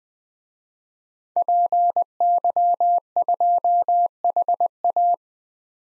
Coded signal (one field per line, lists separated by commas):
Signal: Morse code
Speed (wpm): 20 wpm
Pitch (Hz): 700 Hz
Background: none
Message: PY2HA